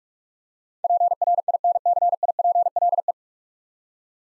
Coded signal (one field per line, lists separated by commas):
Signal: Morse code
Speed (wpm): 46 wpm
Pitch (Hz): 700 Hz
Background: none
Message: PRINCIPLE